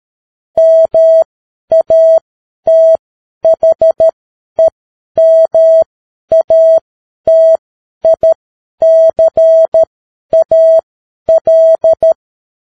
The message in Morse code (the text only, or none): MATHEMATICAL